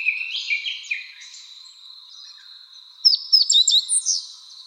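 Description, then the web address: Meadow bunting singing a short phrase of sharp, high, clipped notes, with a thin steady high tone throughout and softer chirps earlier. Recorded 28 June 2015. "birdenaga hojiro"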